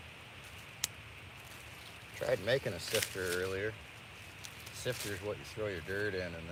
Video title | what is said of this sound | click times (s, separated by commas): My first Trapline ! | Hear a click here on hair trigger. | 0.8 s